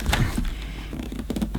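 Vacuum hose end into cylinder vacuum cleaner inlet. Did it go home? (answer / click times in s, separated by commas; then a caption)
no / none. A plastic hose end is pushed partway into the inlet of a Moulinex Powerstar cylinder vacuum cleaner, and it produces a few soft taps and scrapes, including a cluster of small knocks around 1.3–1.4 s. The hose goes in but does not click into place, because it simply pushes on with no latch, so nothing has clicked yet.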